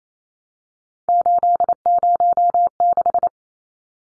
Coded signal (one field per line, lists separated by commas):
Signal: Morse code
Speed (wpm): 28 wpm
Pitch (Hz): 700 Hz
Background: none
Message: 806